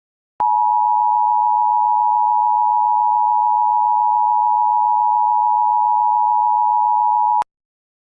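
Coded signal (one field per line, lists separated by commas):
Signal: Emergency Alert System (SAME) tones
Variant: 853 and 960 Hz attention tone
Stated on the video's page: Fictional EAS scenario, not a real alert.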